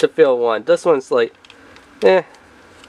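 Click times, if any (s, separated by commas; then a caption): none. Someone talks while handling the lever and slide of a hand-operated Gambler cigarette filling (injector) machine, with only faint handling noise between the words. Nothing has seated or clicked yet; the lever has not snapped into place before the clip ends.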